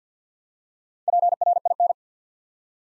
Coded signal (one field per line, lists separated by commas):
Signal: Morse code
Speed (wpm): 48 wpm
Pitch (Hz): 700 Hz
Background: none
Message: PRIN